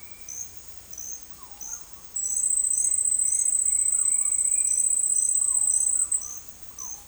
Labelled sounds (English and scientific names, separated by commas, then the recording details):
Purple-throated Fruitcrow (Querula purpurata), Citron-bellied Attila (Attila citriniventris)
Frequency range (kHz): Citron-bellied Attila (Attila citriniventris) 1.8-3.0 kHz
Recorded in dense forest near Puerto Asís, Putumayo, Colombia, on 18 February 2024 at 10:30
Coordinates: 0.484, -76.317
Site G6464